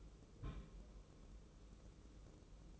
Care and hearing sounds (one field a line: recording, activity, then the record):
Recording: daily activity, microphone in the room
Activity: place on stove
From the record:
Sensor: 1